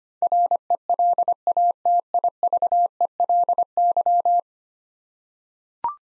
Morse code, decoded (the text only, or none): RELATIVELY